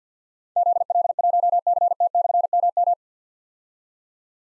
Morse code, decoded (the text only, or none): ZL1CT/MM